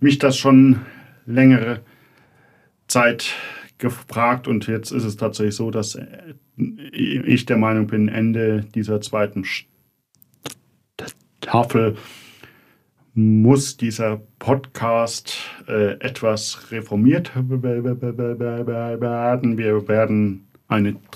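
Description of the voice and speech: An adult man speaks German in a small room. His speech is broken by long silent blocks, including a 1.8-second stop inside a word, by stretched sounds, and by a repeated 'v-v-v' before 'werden'. These are the typical disfluencies of stuttering.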